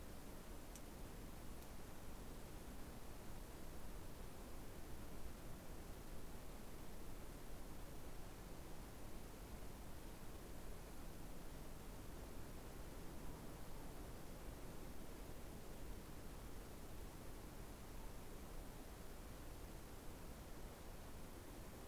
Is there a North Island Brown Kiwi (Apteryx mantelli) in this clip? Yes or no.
no